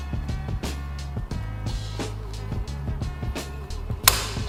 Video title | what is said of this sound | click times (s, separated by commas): Ducati 959 Panigale RAM Mount Installation | like that and you'll hear it snap in place | 4.1 s